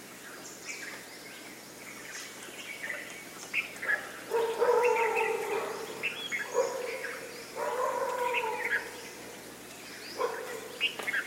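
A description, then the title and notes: Birds call in an Indian outdoor setting, with short chirps and a few longer, sustained mid-pitched calls around the middle of the recording and again near the end. Calls come irregularly, some overlapping, over a steady low background hiss. Recorded in India. Field Recording Of India, Nature Sounds Of India.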